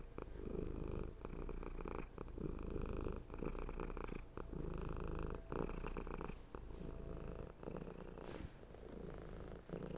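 Domestic cat purr, steady throbbing rumble cycling with inhalation and exhalation over ten seconds.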